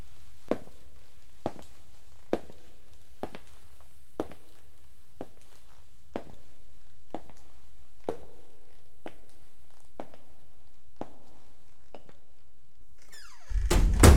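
Slow, evenly spaced footsteps thud about once a second along a corridor, then the door on the right at its end is opened and shut with a short creaking rush of sound at the very end. No one speaks.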